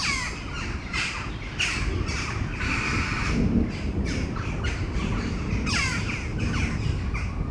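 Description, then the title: Crows giving raucous harsh caws, several birds calling over one another in bursts, against a steady low rumble. Crows calling before a storm at Domaine de Tivoli, Mechelen, Belgium; recorded with Sony PCM-M10 internal microphones. "Domaine de Tivoli, Malines, Belgique, Belgium - Corneilles avant lorage - Crows before the storm"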